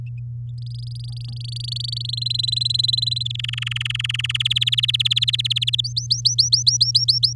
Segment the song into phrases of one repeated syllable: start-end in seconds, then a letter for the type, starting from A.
0.58-2.02 A, 2.04-3.23 B, 3.25-4.42 C, 4.45-5.81 D, 5.84-7.33 E